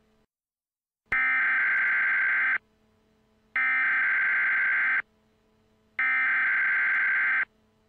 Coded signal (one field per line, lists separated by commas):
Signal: Emergency Alert System (SAME) tones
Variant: header bursts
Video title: Severe Thunderstorm Warning:Williamsburg and Georgetown,SC (EAS Video Creator)